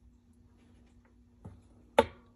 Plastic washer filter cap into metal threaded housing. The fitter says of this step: when you notice that little click it means the threads are matching